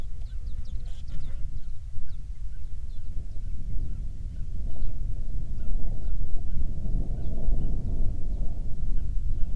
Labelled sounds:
songbird, grouse or ptarmigan, wind, insects
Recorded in the Prudhoe Bay oil fields, Alaska, on 7 July 2019 at 00:01
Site 16

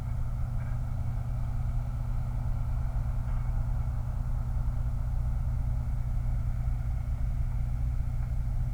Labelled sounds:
vehicle
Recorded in the Prudhoe Bay oil fields, Alaska, on 29 July 2019
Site 29

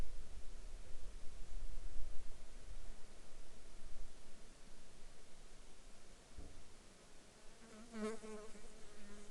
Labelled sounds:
insects
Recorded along the Dempster Highway, Canada, on 22 July 2019 at 18:05
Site 16

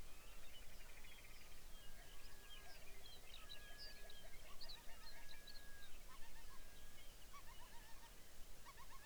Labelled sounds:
songbird, waterfowl, grouse or ptarmigan, loon
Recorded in the Arctic National Wildlife Refuge, Alaska, on 23 May 2019 at 06:13
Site 49

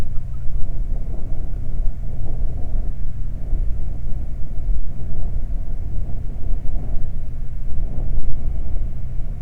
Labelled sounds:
wind
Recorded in the Prudhoe Bay oil fields, Alaska, on 12 July 2019 at 00:04
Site 29

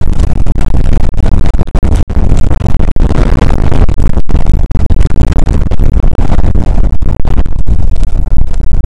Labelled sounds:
wind
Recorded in the Prudhoe Bay oil fields, Alaska, on 2 August 2019 at 01:33
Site 29

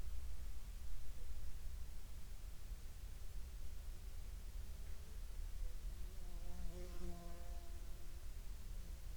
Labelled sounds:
insects
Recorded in the Prudhoe Bay oil fields, Alaska, on 16 July 2021 at 13:16
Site 22

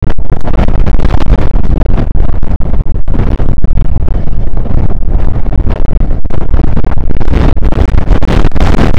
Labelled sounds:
wind
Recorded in the Prudhoe Bay oil fields, Alaska, on 1 August 2019 at 02:04
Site 29

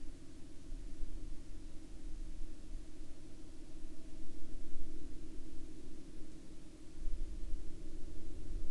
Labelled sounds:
man-made sound
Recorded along the Dempster Highway, Canada, on 10 October 2019 at 10:44
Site 23

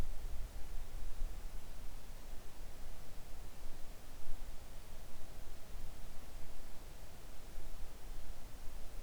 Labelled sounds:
near silence
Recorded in the Arctic National Wildlife Refuge, Alaska, on 3 August 2019 at 10:23
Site 41

